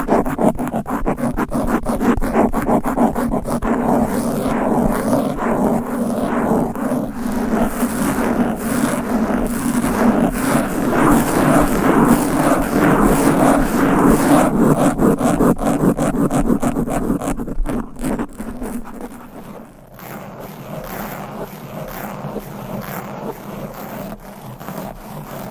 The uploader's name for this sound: Fast & Aggressive Mic Scratching with 20 DIFFERENT MICS Covers & Nails